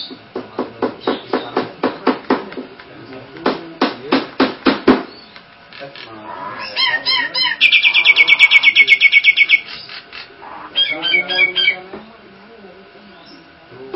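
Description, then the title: Nias hill myna calls, a run of loud clicking notes followed by a rapid rattling trill and harsher chattering phrases. "Jalak Nias"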